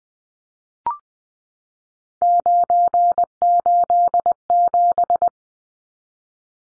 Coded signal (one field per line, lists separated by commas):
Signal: Morse code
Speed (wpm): 20 wpm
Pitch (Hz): 700 Hz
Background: none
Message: 987